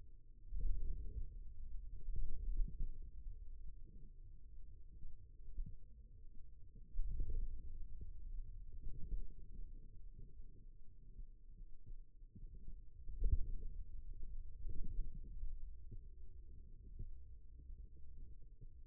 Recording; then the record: forearm muscle sounds (acoustic myography)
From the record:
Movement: hand closing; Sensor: system 2, bracelet of six BSWA MPA416 microphones around the upper forearm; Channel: 3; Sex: male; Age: 22 years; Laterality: right